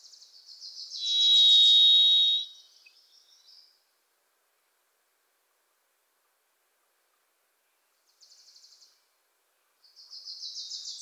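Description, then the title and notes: Varied thrush gives one long, level, buzzy whistle amid chattering trills from a Wilson's Warbler; after a silent gap, more short chattering trills. Sings from deep within trees in forests of the Pacific Northwest, hard to locate; a Wilson's Warbler sings alongside. "The Varied Thrush, Ixoreus naevius, is a wisp in the forests of the Pacific Northwest."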